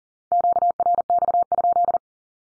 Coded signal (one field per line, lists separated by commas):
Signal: Morse code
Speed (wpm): 40 wpm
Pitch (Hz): 700 Hz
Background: none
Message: QRX?